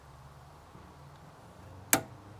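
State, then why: Released. A halogen H11 low-beam bulb is twisted counterclockwise in the headlight housing of a 2016 Honda CR-V. Faint low rumble is heard until a single sharp click at 1.9 s, when the bulb unlocks and comes loose, ready to be pulled straight out. No one talks.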